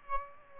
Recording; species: mosquito wingbeat signal from an infrared sensor; Aedes aegypti